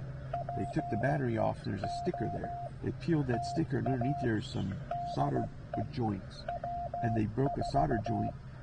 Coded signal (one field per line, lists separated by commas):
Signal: Morse code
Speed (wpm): 16 wpm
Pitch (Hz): 700 Hz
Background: speech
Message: POTA DE W4